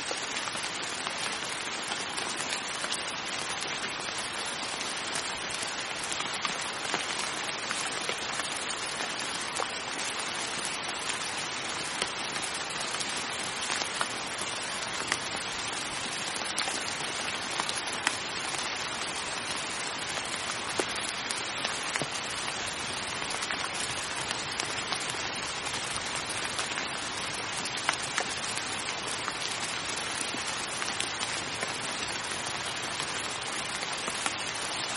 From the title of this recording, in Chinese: 纯下雨声